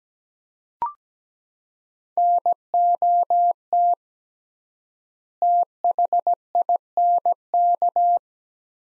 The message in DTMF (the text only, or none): none